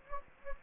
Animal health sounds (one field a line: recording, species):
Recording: mosquito wingbeat signal from an infrared sensor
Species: Anopheles gambiae